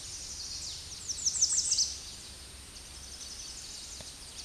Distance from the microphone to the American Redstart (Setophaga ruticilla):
about 10 m